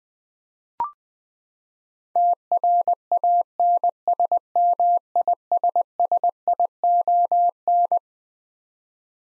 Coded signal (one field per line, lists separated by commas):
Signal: Morse code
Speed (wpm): 20 wpm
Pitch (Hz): 700 Hz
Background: none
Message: TRANSMISSION